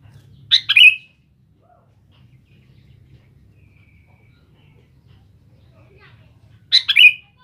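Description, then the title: Sooty-headed bulbul song: two similar bubbly, slurred phrases about six seconds apart, with quiet background between them. "Kutilang"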